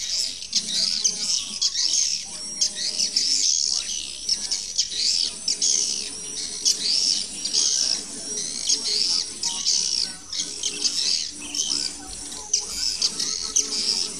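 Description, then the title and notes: Swiftlet colony chatter of many high chirps and twitters in short surging bursts. Swiftlet sounds used in swiftlet farming in Asia. "Swiflet Bird Sound. Farming Swiflet Bird asia sound"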